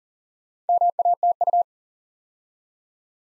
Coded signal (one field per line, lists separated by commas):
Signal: Morse code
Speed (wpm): 40 wpm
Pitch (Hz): 700 Hz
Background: none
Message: MATU